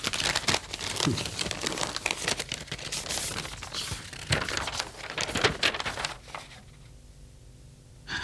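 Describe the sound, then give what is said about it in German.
A paper letter, found lying at the door and turning out to be a bill, is handled and unfolded, with a steady run of dry crinkling and rustling that fades out toward the end, leaving a quiet low hum. “Und dieser Brief, der lag vor der Tür. Gib mal her.”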